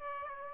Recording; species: mosquito wingbeat signal from an infrared sensor; Aedes aegypti